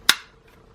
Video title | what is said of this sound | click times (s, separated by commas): How to Save Your Saab 9-3's ECU! (T8 ECU Spacer Kit Install) | pushing in on the back here, and they'll just slide up and click into place like that. | 0.1 s